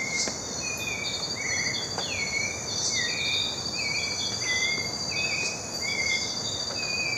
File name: Turdus albicollis - White-necked Thrush